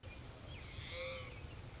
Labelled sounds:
Mourning Dove
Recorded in Sonoma County, California

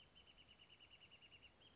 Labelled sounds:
Wrentit
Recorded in Sonoma County, California

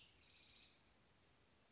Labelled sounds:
House Wren
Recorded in Sonoma County, California

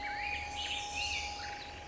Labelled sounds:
Black-headed Grosbeak
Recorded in Sonoma County, California

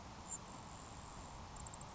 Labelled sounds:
Grasshopper Sparrow
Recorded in Sonoma County, California

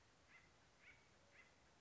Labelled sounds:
Acorn Woodpecker
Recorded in Sonoma County, California

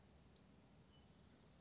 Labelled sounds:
Western Flycatcher
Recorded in Sonoma County, California

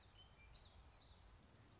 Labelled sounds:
Common Yellowthroat
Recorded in Sonoma County, California

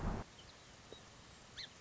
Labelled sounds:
Song Sparrow
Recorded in Sonoma County, California

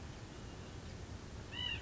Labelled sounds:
White-breasted Nuthatch
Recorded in Sonoma County, California

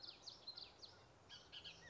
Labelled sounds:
Bullock's Oriole
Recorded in Sonoma County, California

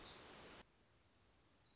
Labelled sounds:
Black-throated Gray Warbler
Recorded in Sonoma County, California

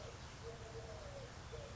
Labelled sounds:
Eurasian Collared Dove
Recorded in Sonoma County, California

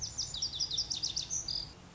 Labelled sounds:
Lazuli Bunting
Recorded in Sonoma County, California

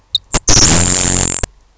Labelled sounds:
Grasshopper Sparrow
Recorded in Sonoma County, California

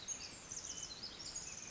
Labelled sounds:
Pacific Wren
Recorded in Sonoma County, California

